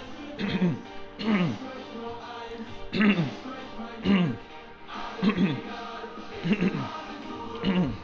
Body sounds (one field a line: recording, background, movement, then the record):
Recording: throat clearing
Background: music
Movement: sitting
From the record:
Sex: male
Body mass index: 22.0 kg/m2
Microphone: on the chest, facing outward